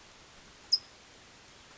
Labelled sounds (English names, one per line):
California Towhee